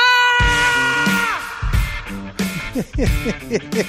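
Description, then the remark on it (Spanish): A long, piercing scream holds steady and then slides downward in pitch, followed by a run of short, choppy shouted bursts, all part of a brief, loud jingle for the "buzón de la rabia" segment of El Pirata y su Banda on Rock FM. “Vamos sí, a ir, ¿verdad?, un día más con ese buzón de la rabia, con ese grito desgarrador,”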